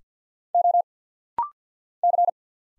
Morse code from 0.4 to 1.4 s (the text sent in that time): O